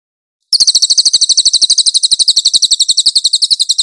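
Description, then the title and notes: Cililin trill: a steady, rapid string of high buzzy notes running without a break after a short silent start. Cililin song on a master (training) track. "MASTER SANGAT BAGUS SUARA BURUNG CILILIN, AUDIO JERNIH. CICILIN"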